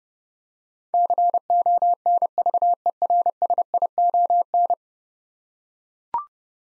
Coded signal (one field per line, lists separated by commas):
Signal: Morse code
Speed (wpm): 30 wpm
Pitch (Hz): 700 Hz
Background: none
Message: CONVERSION